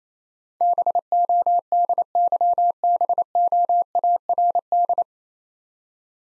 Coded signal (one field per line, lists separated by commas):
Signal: Morse code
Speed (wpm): 28 wpm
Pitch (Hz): 700 Hz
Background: none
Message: BODYBOARD